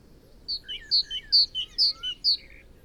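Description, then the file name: Great tit song: several quick two-note phrases, a high bright note dropping to a lower one, repeated steadily, with faint low background noise. "Parus major"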